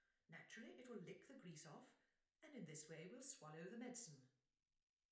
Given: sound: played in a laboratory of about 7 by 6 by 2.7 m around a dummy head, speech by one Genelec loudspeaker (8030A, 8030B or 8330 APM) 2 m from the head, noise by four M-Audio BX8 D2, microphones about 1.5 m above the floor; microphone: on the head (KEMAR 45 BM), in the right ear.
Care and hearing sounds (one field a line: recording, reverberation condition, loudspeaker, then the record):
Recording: female speech in English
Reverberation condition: medium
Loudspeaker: 120 degrees to the right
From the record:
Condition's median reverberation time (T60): about 510 ms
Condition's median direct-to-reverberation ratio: about -0.5 dB